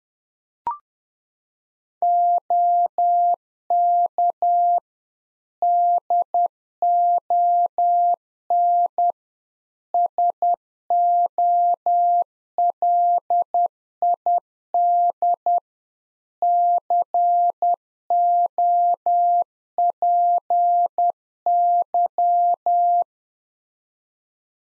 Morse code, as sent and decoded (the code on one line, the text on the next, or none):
--- -.- / -.. --- -. / ... --- .-.. .. -.. / -.-. --- .--. -.--
OK DON SOLID COPY